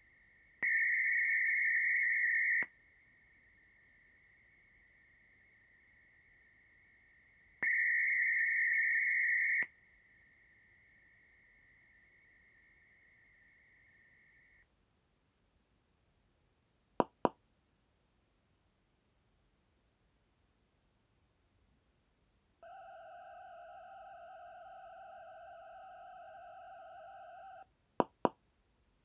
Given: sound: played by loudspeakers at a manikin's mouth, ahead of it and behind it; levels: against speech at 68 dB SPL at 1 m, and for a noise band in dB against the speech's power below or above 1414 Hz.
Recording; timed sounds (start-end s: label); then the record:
test signals for a remote microphone
0.00-0.63 s: noise band at 2000 Hz, -13 dB
0.63-2.63 s: noise band at 2000 Hz, +22 dB
2.63-7.63 s: noise band at 2000 Hz, -13 dB
7.63-9.63 s: noise band at 2000 Hz, +22 dB
9.63-14.63 s: noise band at 2000 Hz, -13 dB
17.00 s: click
17.25 s: click
22.63-27.63 s: four noise bands (707, 1414, 2828 and 5656 Hz), 50 dB SPL
28.00 s: click
28.25 s: click
From the record:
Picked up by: measurement microphone